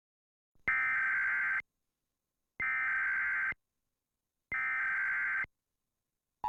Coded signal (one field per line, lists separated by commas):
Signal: Emergency Alert System (SAME) tones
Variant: header bursts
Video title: National EAS Test (KING5, Seattle)